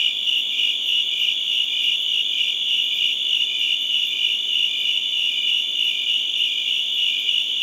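Cricket gives a continuous high trill, throbbing roughly three times per second, unbroken throughout.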